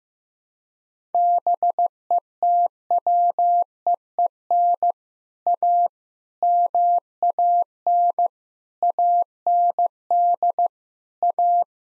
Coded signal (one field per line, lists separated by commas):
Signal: Morse code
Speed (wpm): 15 wpm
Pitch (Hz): 700 Hz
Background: none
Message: BETWEEN A MAN AND A